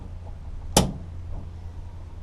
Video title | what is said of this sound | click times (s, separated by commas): 2016 Silverado Perimeter Bed LED Lights GM Part Number GM23295943 | as you can see they snap into place okay | 0.8 s